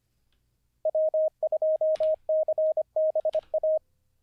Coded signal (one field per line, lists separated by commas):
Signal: Morse code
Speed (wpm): 25 wpm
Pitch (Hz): 630 Hz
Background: radio noise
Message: W2CBA